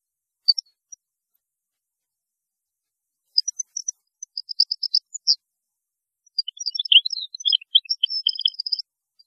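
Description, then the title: European goldfinch song: a few isolated chirps, a rapid string of repeated high notes, then a dense liquid twittering passage. "Chant Chardonneret"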